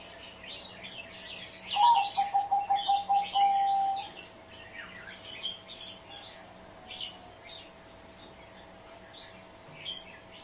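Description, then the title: Spotted dove coo phrase: rapid repeated low notes ending in a sustained tone, lasting about two seconds, with scattered high chirps and twitters from other birds around it. Call used as a lure for trapping the birds. "Pikat Burung Tekukur"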